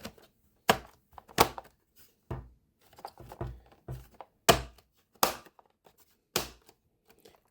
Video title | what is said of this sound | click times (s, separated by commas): The New Fright Zone from Masters of The Universe Origins MOTU Evil Horde Toyline Unboxing and Review | Clicks in. Very satisfying click. | 5.2 s, 6.4 s